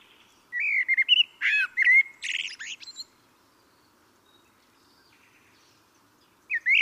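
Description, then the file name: Common blackbird song: a long flowing phrase of low fluty whistles climbing into a chattering high squeak, then silence before another phrase begins at the end. "Turdus merula"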